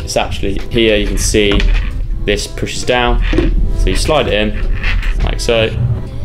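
A Huawei AF9E 5G outdoor antenna unit is being handled and slid down into its wall mount bracket while someone talks over background music. The clip ends before the unit goes home, so nothing has seated or clicked yet.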